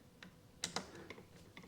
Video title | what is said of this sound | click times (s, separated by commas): Setting Up My Wife's Hunting Rifle With A New Scope And Bipod System | I'm going to tighten the next one, click. | 0.6 s